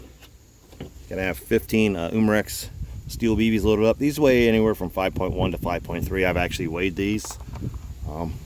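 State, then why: Not seated. Someone talks while handling a drop-free BB magazine loaded with 15 Umarex steel BBs, about to push it up into the magazine well of a Springfield Armory M1 Carbine 4.5mm CO2 blowback replica carbine from Air Venturi. The magazine has not seated or clicked into place yet; it needs to latch because the heavy magazine could otherwise fall out.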